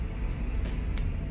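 A shorter capsule cap half is pushed onto an empty capsule body filled with powder until it locks, snapping shut with a brief, sharp click at 0.98 s over steady low-frequency background noise. The capsule halves seat together.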